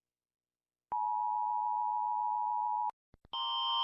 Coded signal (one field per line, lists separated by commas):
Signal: Emergency Alert System (SAME) tones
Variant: 853 and 960 Hz attention tone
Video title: Rating EAS Alarms (Remake)